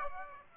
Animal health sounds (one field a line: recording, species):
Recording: mosquito wingbeat signal from an infrared sensor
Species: Aedes aegypti